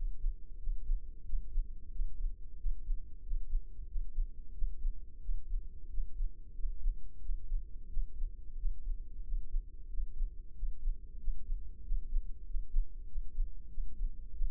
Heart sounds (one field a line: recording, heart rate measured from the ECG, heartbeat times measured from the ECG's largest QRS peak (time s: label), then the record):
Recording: heart sounds by microphone in the left ear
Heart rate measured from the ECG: 92 bpm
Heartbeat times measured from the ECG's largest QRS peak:
0.60 s: heartbeat
1.26 s: heartbeat
1.93 s: heartbeat
2.59 s: heartbeat
3.24 s: heartbeat
3.89 s: heartbeat
4.55 s: heartbeat
5.22 s: heartbeat
5.91 s: heartbeat
6.56 s: heartbeat
7.22 s: heartbeat
7.90 s: heartbeat
8.59 s: heartbeat
9.25 s: heartbeat
9.91 s: heartbeat
10.56 s: heartbeat
11.21 s: heartbeat
11.85 s: heartbeat
12.47 s: heartbeat
13.09 s: heartbeat
13.71 s: heartbeat
14.35 s: heartbeat
From the record:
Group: healthy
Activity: rest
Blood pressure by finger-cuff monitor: 142/75 mmHg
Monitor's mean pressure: 93 mmHg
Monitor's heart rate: 91 bpm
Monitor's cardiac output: 8 L/min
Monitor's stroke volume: 87 mL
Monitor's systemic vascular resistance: 860 dyn s/cm5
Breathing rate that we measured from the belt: 20 breaths a minute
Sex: male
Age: 21 years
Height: 175 cm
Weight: 72.6 kg